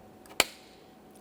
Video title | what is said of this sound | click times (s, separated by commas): How to Replace Tail Lights 2015-2019 Subaru Outback | Audible click, a light tug. That feels good. | 0.4 s